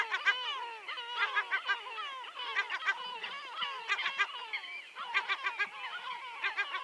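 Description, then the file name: Yellow-legged gull chorus: dense, continuous nasal yelps and laughing calls from many birds, with rapid sharp accents throughout. Many birds giving various calls. "Goéland leucophée (Larus michahellis) - Nombreux oiseaux divers cris"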